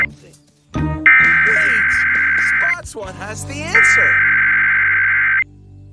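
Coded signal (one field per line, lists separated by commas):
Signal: Emergency Alert System (SAME) tones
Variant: header bursts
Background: speech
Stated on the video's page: Required Monthly Test relayed on Comcast cable and WNPB-TV.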